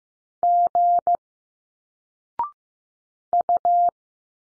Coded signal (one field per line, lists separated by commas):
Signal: Morse code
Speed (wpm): 15 wpm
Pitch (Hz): 700 Hz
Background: none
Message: G U